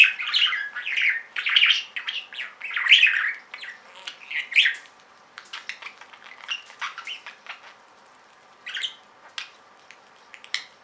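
Budgerigar warbling with scratchy squawks for the first five seconds, then quieter clicks and occasional chirps.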